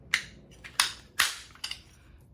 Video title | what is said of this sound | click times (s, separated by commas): Aluminum Split Shoes Overview and Demo | These two-piece shoes click together very easily | 0.1 s, 0.8 s